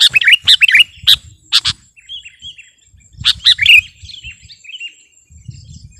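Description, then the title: Sooty-headed bulbul singing busily, a rush of chirpy, warbled notes in quick bursts, with softer trailing notes between and a low rumble at the end. "kutilang"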